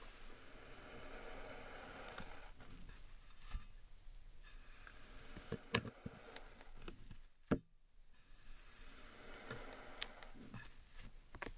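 Soft, continuous squishing and crackling of slime and sand being handled, a dense textured rustle that swells and eases. Sharper clicks and pops land irregularly, clustering around the middle, with a brief near-silent gap before the squelching resumes toward the end.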